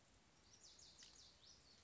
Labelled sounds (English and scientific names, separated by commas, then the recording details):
Lazuli Bunting (Passerina amoena)
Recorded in Sonoma County, California